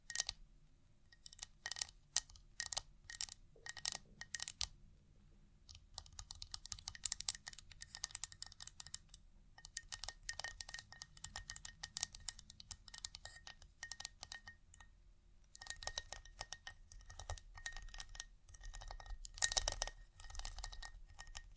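Small objects of wood, glass and chain tapped, scratched and jingled in uneven bursts of dense, bright clicks and clinks, with brief quiet gaps near 5, 9 and 15 seconds. A faint steady high tone and a low hum sit underneath throughout.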